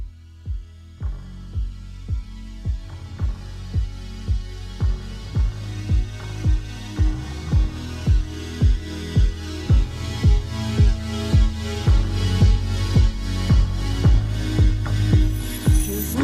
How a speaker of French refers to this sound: Et justement, on s'écoute un titre en rapport avec notre sujet.